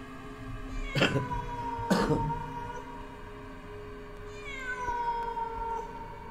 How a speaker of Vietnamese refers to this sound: giữa cái tháng cô hồn mà lại còn mèo hoang